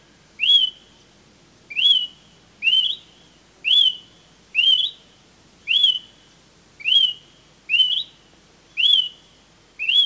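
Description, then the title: Smoke-colored pewee repeating a rising whistled note about once a second in a steady run of ten, each ending in a thin trailing tone. Subspecies zarumae. "LuckyPassaro Completos2Sama. Smoke-colored Pewee (Contopus fumigatus zarumae)"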